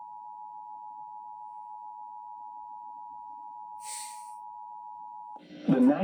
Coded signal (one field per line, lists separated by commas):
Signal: Emergency Alert System (SAME) tones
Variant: 853 and 960 Hz attention tone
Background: speech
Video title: Tornado Warning EAS#147